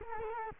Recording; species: mosquito wingbeat signal from an infrared sensor; Culex quinquefasciatus